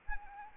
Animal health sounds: mosquito wingbeat signal from an infrared sensor; Anopheles arabiensis

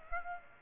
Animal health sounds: mosquito wingbeat signal from an infrared sensor; Aedes aegypti

